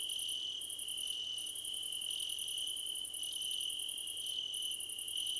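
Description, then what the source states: Crickets in chorus, one continuous high trill overlaid by fast pulsed chirps in bursts, broken by brief gaps. Crickets in a choir competition.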